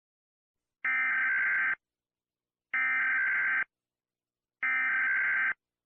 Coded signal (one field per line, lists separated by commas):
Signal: Emergency Alert System (SAME) tones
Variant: header bursts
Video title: EAS Mock #37 | Ghost Vehicle